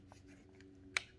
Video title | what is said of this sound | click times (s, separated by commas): How to break down any Glock, for repair, or cleaning. | press it in until it clicks | 1.0 s